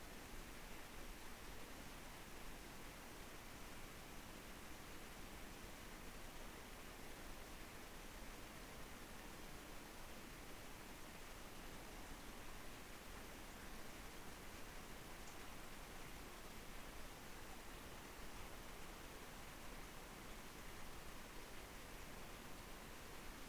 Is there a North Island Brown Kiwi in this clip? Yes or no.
no